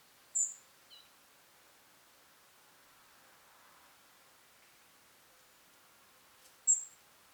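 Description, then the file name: European robin calls, two sharp high ticks about six seconds apart with a faint softer note after the first, in a quiet setting. "Erithacus rubecula"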